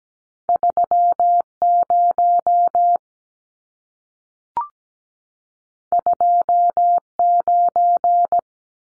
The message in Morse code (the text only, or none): 30 29